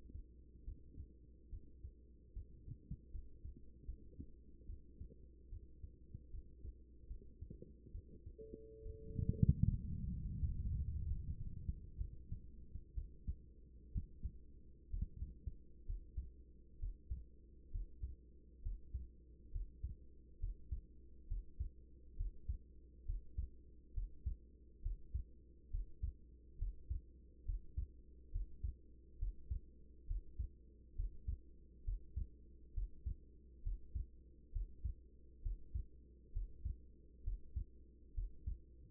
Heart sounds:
heart sounds by stethoscope; 69 bpm
0.64 s: heartbeat
1.49 s: heartbeat
2.33 s: heartbeat
3.11 s: heartbeat
3.85 s: heartbeat
4.66 s: heartbeat
5.49 s: heartbeat
6.30 s: heartbeat
7.07 s: heartbeat
7.91 s: heartbeat
8.82 s: heartbeat
9.67 s: heartbeat
10.39 s: heartbeat
11.07 s: heartbeat
11.97 s: heartbeat
12.94 s: heartbeat
13.92 s: heartbeat
14.89 s: heartbeat
15.85 s: heartbeat
16.78 s: heartbeat
17.70 s: heartbeat
18.61 s: heartbeat
19.51 s: heartbeat
20.39 s: heartbeat
21.27 s: heartbeat
22.16 s: heartbeat
23.05 s: heartbeat
23.93 s: heartbeat
24.81 s: heartbeat
25.70 s: heartbeat
26.57 s: heartbeat
27.44 s: heartbeat
28.31 s: heartbeat
29.18 s: heartbeat
30.06 s: heartbeat
30.95 s: heartbeat
31.84 s: heartbeat
32.73 s: heartbeat
33.62 s: heartbeat
34.52 s: heartbeat
35.42 s: heartbeat
36.32 s: heartbeat
37.23 s: heartbeat
38.14 s: heartbeat
From the record:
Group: healthy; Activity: rest 0-10 s, breath hold 10-39 s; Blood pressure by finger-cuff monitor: 111/74 mmHg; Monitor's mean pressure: 85 mmHg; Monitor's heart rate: 68 bpm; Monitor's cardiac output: 5.3 L/min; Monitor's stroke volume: 79 mL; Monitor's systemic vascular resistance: 1190 dyn s/cm5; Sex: female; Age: 24 years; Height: 163 cm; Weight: 55.7 kg

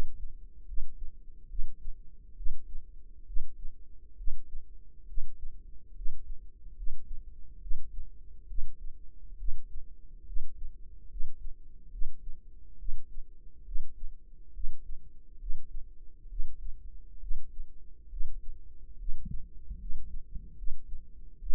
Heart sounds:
heart sounds by microphone in the right ear; 69 bpm
0.65 s: heartbeat
1.47 s: heartbeat
2.35 s: heartbeat
3.25 s: heartbeat
4.16 s: heartbeat
5.06 s: heartbeat
5.94 s: heartbeat
6.75 s: heartbeat
7.59 s: heartbeat
8.46 s: heartbeat
9.36 s: heartbeat
10.24 s: heartbeat
11.08 s: heartbeat
11.89 s: heartbeat
12.77 s: heartbeat
13.63 s: heartbeat
14.52 s: heartbeat
15.38 s: heartbeat
16.28 s: heartbeat
17.19 s: heartbeat
18.08 s: heartbeat
18.97 s: heartbeat
19.77 s: heartbeat
20.55 s: heartbeat
21.38 s: heartbeat
From the record:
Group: healthy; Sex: female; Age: 19 years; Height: 163 cm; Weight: 51 kg

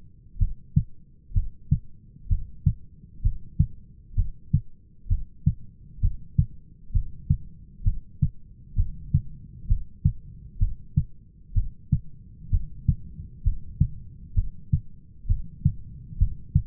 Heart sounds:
heart sounds by stethoscope; 65 bpm
0.40 s: heartbeat
1.35 s: heartbeat
2.30 s: heartbeat
3.24 s: heartbeat
4.17 s: heartbeat
5.10 s: heartbeat
6.02 s: heartbeat
6.94 s: heartbeat
7.85 s: heartbeat
8.77 s: heartbeat
9.69 s: heartbeat
10.60 s: heartbeat
11.56 s: heartbeat
12.52 s: heartbeat
13.45 s: heartbeat
14.36 s: heartbeat
15.29 s: heartbeat
16.19 s: heartbeat
From the record:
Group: heart failure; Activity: rest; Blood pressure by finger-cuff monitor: 137/96 mmHg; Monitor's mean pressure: 110 mmHg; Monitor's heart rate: 65 bpm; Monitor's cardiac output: 5.9 L/min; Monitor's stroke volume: 91 mL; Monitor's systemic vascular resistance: 1400 dyn s/cm5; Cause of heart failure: idiopathic cardiomyopathy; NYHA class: 1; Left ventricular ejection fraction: 50%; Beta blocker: bisoprolol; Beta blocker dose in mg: 5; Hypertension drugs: candesartan, spironolactone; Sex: male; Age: 54 years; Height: 180 cm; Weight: 94.6 kg

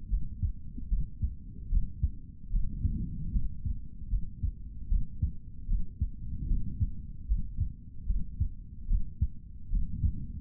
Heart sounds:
heart sounds by stethoscope; 75 bpm
0.10 s: heartbeat
0.89 s: heartbeat
1.69 s: heartbeat
2.50 s: heartbeat
3.32 s: heartbeat
4.10 s: heartbeat
4.88 s: heartbeat
5.67 s: heartbeat
6.47 s: heartbeat
7.27 s: heartbeat
8.06 s: heartbeat
8.87 s: heartbeat
9.70 s: heartbeat
From the record:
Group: healthy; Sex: male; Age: 55 years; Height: 167 cm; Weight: 57.2 kg

